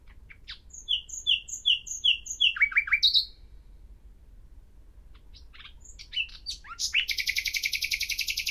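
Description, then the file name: Common nightingale song: a series of repeated slurred whistles, a pause, then a few sharp notes and a rapid, sustained high trill. "Luscinia megarhynchos"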